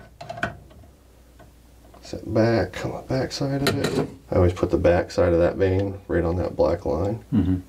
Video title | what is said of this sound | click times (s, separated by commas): Arrow Fletching Made Easy - First Archery Season | it towards you till it clicks sit | 0.4 s